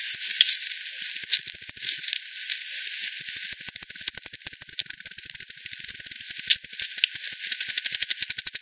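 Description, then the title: Bat echolocation pulses: quick clicking trains that grow denser and more regular toward the end, with background hiss. Multiple bats at Hogsmill River, Hogsmill Lane, 7 October 2020 at 18:10; frequency-divided by ten, bandpass filtered and resampled. "bat 20201007 T 18 : 10 Z-Hogsmill-Lane-Hogsmill-River-multiple-bats"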